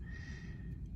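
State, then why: Not seated. A wire stripper tool on a Victorinox Trekker pocket knife is handled as it folds open in the handle toward its steel lock. Only a steady low rumble with a faint thin tone is heard, with no sharp sounds. Nothing has seated or clicked yet.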